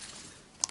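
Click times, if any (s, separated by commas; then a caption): 0.6 s. A small prepared handle, with the wires fed into it, is pushed onto the body of a homemade soldering iron made from a car glow plug. After a faint, steady hiss, a sharp tap at 0.6 s marks the handle seating perfectly onto the iron body, followed by a weaker tick near the end.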